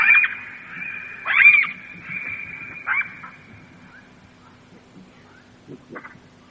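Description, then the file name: Jackal yelps and wails: a few loud cries in the first three seconds, then fading, with faint shorter yips near the end. "zvuki shakala"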